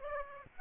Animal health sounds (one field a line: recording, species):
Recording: mosquito wingbeat signal from an infrared sensor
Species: Aedes aegypti